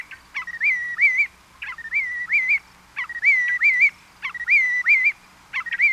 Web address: 101 Bird Songs. Willet